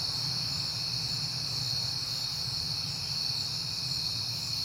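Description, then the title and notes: Crickets trilling steadily at a high pitch, with a low rumble underneath. Crickets at night on a peaceful September night, heard often lately. "Night Time: Crickets and Passing Cars. It is September and I have been hearing the crickets a lot"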